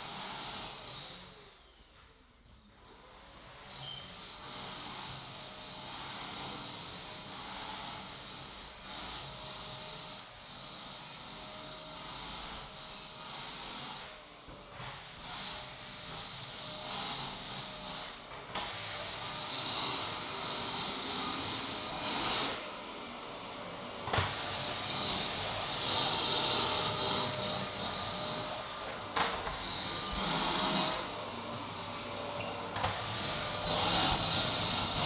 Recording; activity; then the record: daily activity, microphone in the room; vacuum cleaning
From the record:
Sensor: 3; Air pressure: 1002.0 hPa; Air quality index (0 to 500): 248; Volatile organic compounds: 52 ppm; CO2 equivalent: 3321 ppm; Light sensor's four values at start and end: 12/36/16/13 and 10/32/14/12